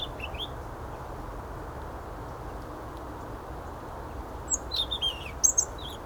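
European robin with brief high, sliding warbled notes at the start and a fuller cluster of thin twittering notes near the end, against constant low rumbling noise.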